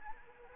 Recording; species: mosquito wingbeat signal from an infrared sensor; Anopheles arabiensis